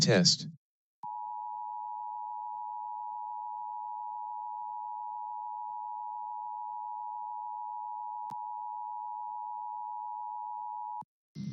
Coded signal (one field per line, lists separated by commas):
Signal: Emergency Alert System (SAME) tones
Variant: 853 and 960 Hz attention tone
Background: speech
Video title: LIVE AM/MW DX: DX Central Live - S. 3, Ep. 24 | Friday, April 7, 2023